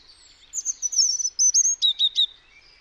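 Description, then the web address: European robin song: thin high sliding whistles and a rattling twitter, closed by several quick repeated high notes. "Deverinetal 2025 File origin Bird Only Er Ru"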